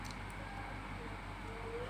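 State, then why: Not seated. A sprung switch part is lined up in the switch housing of an electric kettle, ready to be pushed in to lock. Only a steady low hum and background noise are heard, with faint light handling sounds near the start. Nothing has seated or clicked yet.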